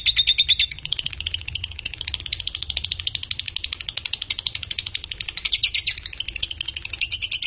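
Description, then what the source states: Lovebird chattering nonstop in a rapid, rhythmic series of high, harsh chirps with little change in pitch throughout. Konslet call type: long, unbroken chattering.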